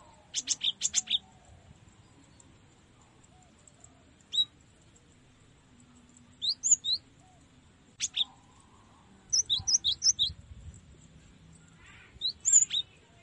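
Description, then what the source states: Cinereous Tit with irregular high, sharp notes: an opening quick series, single calls, then a denser burst of rapid notes, over faint low background noise. Song used to train caged birds.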